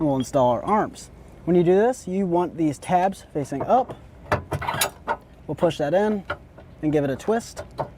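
Someone talks while a removable steel Blue Ox tow base plate arm, with its tabs facing up, is pushed into its receiver on the base plate at the front of a 2021 Chevrolet Spark and given a twist. Brief handling knocks are heard around 4.3 to 4.8 seconds. Nothing has clicked or locked into place yet.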